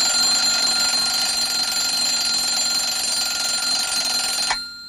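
A loud, steady alarm clock ringing continuously with a shrill, high-pitched metallic tone, holding constant for several seconds before cutting off abruptly near the end. No voices accompany it.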